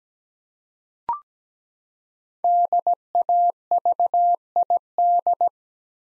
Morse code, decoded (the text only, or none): DAVID